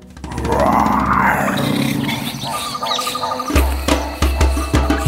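A lion in the jungle gives a loud, deep roar that swells and sinks over about three seconds, then low rumbling growls continue with a few sharp knocks. No one speaks.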